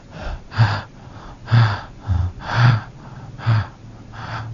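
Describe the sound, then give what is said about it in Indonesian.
A voice imitates short, labored breathing: about six quick, harsh gasping breaths in an uneven rhythm, each a brief rasping burst with a low throaty tone, fairly loud and with no talking. “Apa artinya detik ini kita punya puluhan miliar tapi kita tidak bisa menarik nafas panjang, nafas kita pendek, hanya sampai terongkongan.”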